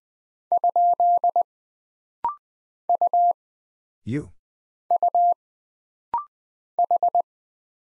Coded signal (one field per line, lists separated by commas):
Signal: Morse code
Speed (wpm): 20 wpm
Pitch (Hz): 700 Hz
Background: none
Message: ? U U H